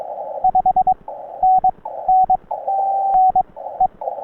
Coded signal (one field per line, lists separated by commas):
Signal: Morse code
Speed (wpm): 21 wpm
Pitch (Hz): 750 Hz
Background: none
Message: 5NN NE